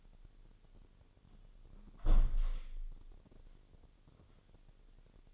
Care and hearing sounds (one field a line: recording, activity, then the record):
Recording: daily activity, microphone in the room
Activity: close window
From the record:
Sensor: 4